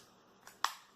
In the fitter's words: know and you heard the snap there's no trying to fuss with it there's no no